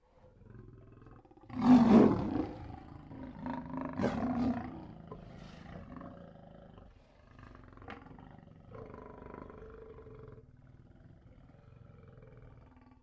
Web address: KMP Film Video Sound Effects. Lion roaring